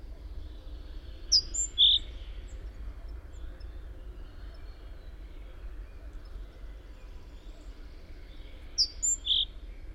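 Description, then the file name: Great tit call: two short phrases about seven seconds apart, each a sharp high slurred note followed by a lower clipped note, in a quiet background. "Parus major"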